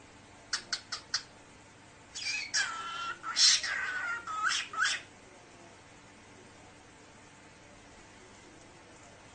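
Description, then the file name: Cockatiel giving a few quick clicks, then a raspy, wavering phrase with a falling whistled glide, followed by silence. Cockatiel talking. "صدای-عروس-هلندی-حرف-زدن-عروس-هلندی"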